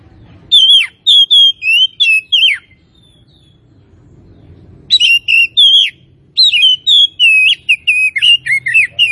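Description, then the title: Oriental magpie-robin singing clear whistled phrases with swooping notes, a pause, then two more animated bursts of song. Tretes variety of oriental magpie-robin, described as in full, vigorous song. "Kacer Tretes Gacor"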